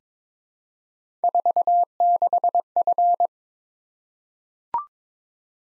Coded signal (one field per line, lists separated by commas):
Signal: Morse code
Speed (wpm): 22 wpm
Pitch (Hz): 700 Hz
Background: none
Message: 46F